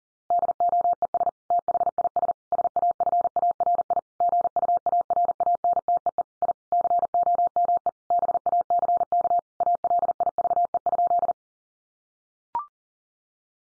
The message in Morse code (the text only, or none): DOES THIS SAFARI GUARANTEE I COME BACK ALIVE?